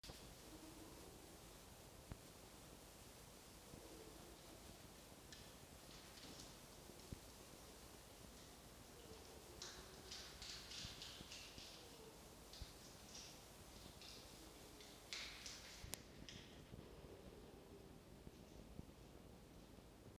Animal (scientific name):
Vulpes vulpes